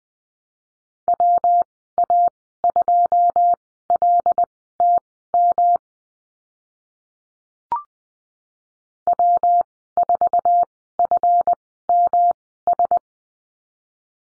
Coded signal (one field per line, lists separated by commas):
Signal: Morse code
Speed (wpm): 20 wpm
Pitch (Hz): 700 Hz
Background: none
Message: WA2LTM W4FMS